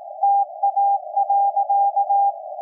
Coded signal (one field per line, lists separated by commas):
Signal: Morse code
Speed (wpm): 18 wpm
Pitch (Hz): 800 Hz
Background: none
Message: TA.